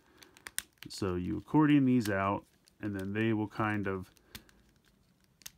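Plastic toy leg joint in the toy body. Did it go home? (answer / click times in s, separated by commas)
yes / 5.4 s, 5.5 s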